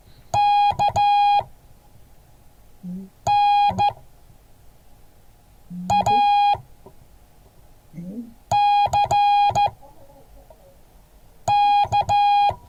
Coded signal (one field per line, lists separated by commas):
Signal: Morse code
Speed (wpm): 14 wpm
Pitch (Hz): 820 Hz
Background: none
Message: KNACK